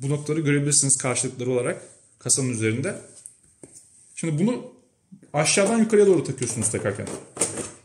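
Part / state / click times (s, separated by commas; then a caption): plastic side cover onto game console chassis / not seated / none. Someone talks while the plastic side cover of a PS5 console is slid on from bottom to top so its hooks line up with the slots on the chassis. A few faint handling taps come around 3.3 to 3.6 s in a pause in the speech. Nothing has seated or clicked yet; the clip ends just before the cover snaps home.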